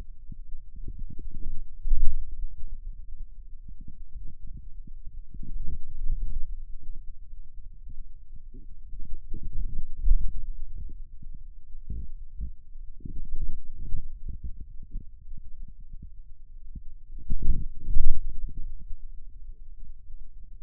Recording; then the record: forearm muscle sounds (acoustic myography)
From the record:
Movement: radial deviation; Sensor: system 2, bracelet of six BSWA MPA416 microphones around the upper forearm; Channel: 5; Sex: male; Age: 22 years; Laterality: right